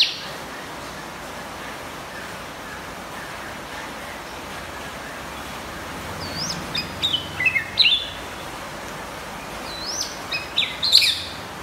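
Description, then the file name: White-rumped shama song: brief high whistled and chirping phrases arriving in the second half, fairly soft against constant hiss. Champion bird from a singing contest. "suara murai batu juara lomba"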